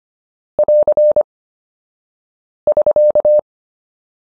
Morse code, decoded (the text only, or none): <AR> <SK>